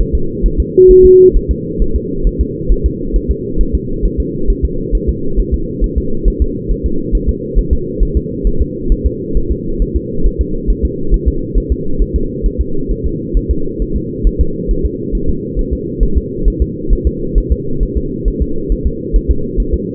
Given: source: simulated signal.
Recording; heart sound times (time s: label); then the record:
fetal heart sounds
0.01 s: S1
0.15 s: S2
0.46 s: S1
0.60 s: S2
0.91 s: S1
1.06 s: S2
1.36 s: S1
1.51 s: S2
1.82 s: S1
1.96 s: S2
2.27 s: S1
2.41 s: S2
2.72 s: S1
2.86 s: S2
3.16 s: S1
3.31 s: S2
3.61 s: S1
3.75 s: S2
4.06 s: S1
4.20 s: S2
4.50 s: S1
4.65 s: S2
4.95 s: S1
5.09 s: S2
5.40 s: S1
5.54 s: S2
5.84 s: S1
5.98 s: S2
6.28 s: S1
6.42 s: S2
6.71 s: S1
6.86 s: S2
7.15 s: S1
7.29 s: S2
7.59 s: S1
7.73 s: S2
8.03 s: S1
8.17 s: S2
8.47 s: S1
8.62 s: S2
8.92 s: S1
9.06 s: S2
9.37 s: S1
9.52 s: S2
9.82 s: S1
9.96 s: S2
10.26 s: S1
10.41 s: S2
10.70 s: S1
10.85 s: S2
11.14 s: S1
11.28 s: S2
11.58 s: S1
11.72 s: S2
12.02 s: S1
12.16 s: S2
12.46 s: S1
12.61 s: S2
12.91 s: S1
13.06 s: S2
13.37 s: S1
13.51 s: S2
13.82 s: S1
13.96 s: S2
14.27 s: S1
14.41 s: S2
14.71 s: S1
14.86 s: S2
15.15 s: S1
15.30 s: S2
15.59 s: S1
15.73 s: S2
16.03 s: S1
16.17 s: S2
16.48 s: S1
16.62 s: S2
16.93 s: S1
17.07 s: S2
17.38 s: S1
17.52 s: S2
17.83 s: S1
17.97 s: S2
18.28 s: S1
18.42 s: S2
18.72 s: S1
18.87 s: S2
19.16 s: S1
19.31 s: S2
19.60 s: S1
19.74 s: S2
From the record:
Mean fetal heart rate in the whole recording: 135 bpm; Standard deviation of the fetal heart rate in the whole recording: 3 bpm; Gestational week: 36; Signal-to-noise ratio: -8.1 dB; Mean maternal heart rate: 72 bpm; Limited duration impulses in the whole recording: present